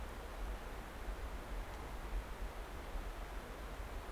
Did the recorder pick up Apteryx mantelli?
no